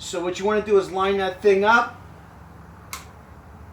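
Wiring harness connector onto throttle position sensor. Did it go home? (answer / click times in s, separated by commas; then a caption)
yes / 2.9 s. A wiring harness electrical connector is lined up and pushed onto a throttle position sensor with a light push from the edge of the thumb while someone talks. A short, sharp snap is heard at 2.9 seconds as the connector seats home.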